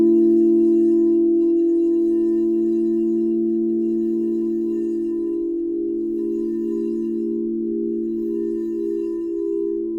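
A crystal singing bowl rings with a pure, steady tone, its strongest notes held in the low-middle range with fainter higher overtones above. The sound slowly fades across the ten seconds, wavering gently as the pitches beat and pulse against each other.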